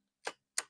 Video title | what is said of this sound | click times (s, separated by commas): เครื่องตัดหญ้า 21v ใหม่ล่าสุด แรงที่สุด ดูแลตลอดชีพ | ล็อคแล้วมันก็จะดึงไม่ออกแบบนี้นะครับผม | 0.6 s